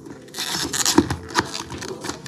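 The plastic peak (visor) of a Nolan N70-2 X motorcycle helmet is lined up on the second side mount of the helmet shell and pushed home. Soft scraping and handling noise leads into two sharp snaps at 0.8 and 0.9 s, followed by more light clicks and rustling. The peak seats firmly into place.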